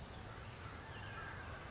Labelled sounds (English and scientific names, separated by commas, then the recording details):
California Towhee (Melozone crissalis)
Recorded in Sonoma County, California